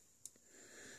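A small plastic finger on a ball joint is raised in the hand of a Toyworld TW-C01 Bulldozer (Bonecrusher) action figure until it clips into place. A single short, bright click sounds at about 0.3 s against faint background noise. The finger seats with a nice little click.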